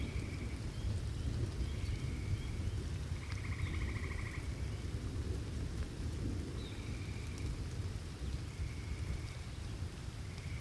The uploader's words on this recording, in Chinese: 大自然的声音-野外露营2（春天的雨夜）。